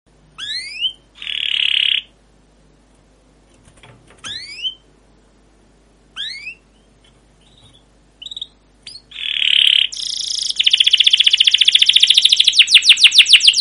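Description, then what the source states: Canary song: scattered rising whistles and short buzzy bursts separated by pauses, then a fast continuous roll of repeated chirps in the last seconds. Canary song used as a lure to train other canaries; described as long, energetic rolling song with 'cuit cuit' notes.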